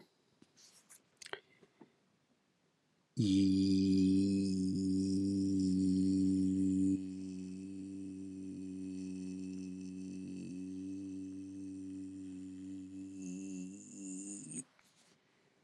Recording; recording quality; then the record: sustained vowel as in beet; excellent, no background noise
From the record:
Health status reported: healthy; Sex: male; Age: 50 years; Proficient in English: yes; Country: United States